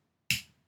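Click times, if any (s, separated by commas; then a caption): 0.3 s. The cap of a Pentel Tradio fountain pen is pushed onto the pen body again and clicks shut with a single sharp click at 0.3 s. The click decays within about a quarter second, and the cap is seated. No one talks during the clip.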